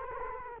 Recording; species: mosquito wingbeat signal from an infrared sensor; Culex quinquefasciatus